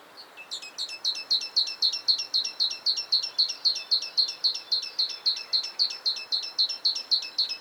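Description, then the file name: Great tit giving a fast, steady run of high notes, about four each second, repeated evenly after a quieter start. "Parus major"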